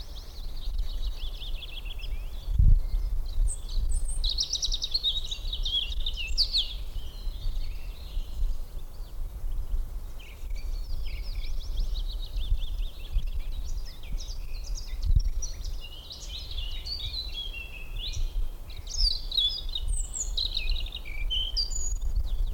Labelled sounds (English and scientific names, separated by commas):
European Robin (Erithacus rubecula) song